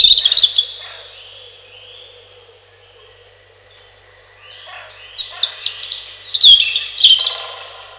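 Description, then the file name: European robin song: a high, sparkling phrase at the start, a pause of several seconds, then a longer run of thin, jumbled trills and whistles. "малиновка"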